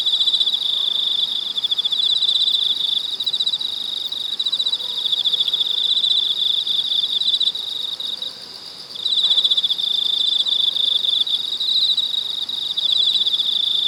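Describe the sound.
Cicadas buzzing in a steady, dense high-pitched drone with a rapid pulsing texture, briefly dropping away near nine seconds before surging back at full strength.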